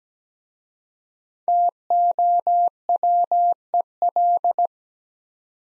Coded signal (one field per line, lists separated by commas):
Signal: Morse code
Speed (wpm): 17 wpm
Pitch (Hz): 700 Hz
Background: none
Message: TOWEL